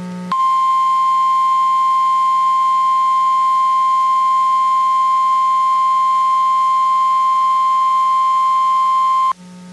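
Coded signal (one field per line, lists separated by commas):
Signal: Emergency Alert System (SAME) tones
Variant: 1050 Hz attention tone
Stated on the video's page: Two hurricane warnings recorded via stream from NOAA weather radio transmitter in Clearwater, Florida, 162.450 MHz, 1 kW.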